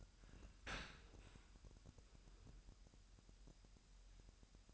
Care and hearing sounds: daily activity, microphone in the room; open dishwasher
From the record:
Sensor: 2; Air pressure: 998.0 hPa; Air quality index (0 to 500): 148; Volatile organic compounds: 4 ppm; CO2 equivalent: 1675 ppm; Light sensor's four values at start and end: 9/29/11/11 and 9/29/11/11

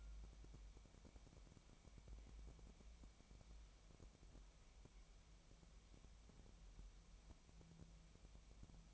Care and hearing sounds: daily activity, microphone in the room; wipe stove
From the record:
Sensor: 1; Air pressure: 1003.3 hPa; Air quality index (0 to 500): 199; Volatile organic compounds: 6 ppm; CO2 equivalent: 1906 ppm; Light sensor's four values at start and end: 10/25/10/12 and 10/25/10/12

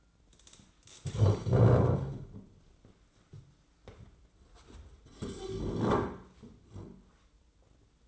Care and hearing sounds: daily activity, microphone in the room; stand up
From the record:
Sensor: 3

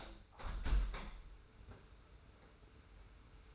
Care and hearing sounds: daily activity, microphone in the room; open window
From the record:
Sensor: 2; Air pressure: 991.2 hPa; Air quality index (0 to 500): 135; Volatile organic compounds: 194 ppm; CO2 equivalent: 4193 ppm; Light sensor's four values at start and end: 38/109/43/41 and 38/109/43/41

